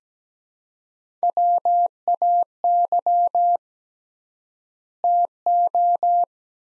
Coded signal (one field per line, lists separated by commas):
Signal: Morse code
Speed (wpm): 17 wpm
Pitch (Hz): 700 Hz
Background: none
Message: WAY TO